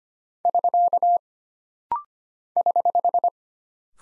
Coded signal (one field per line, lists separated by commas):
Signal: Morse code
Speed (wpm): 25 wpm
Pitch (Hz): 700 Hz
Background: none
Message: <SK> <HH>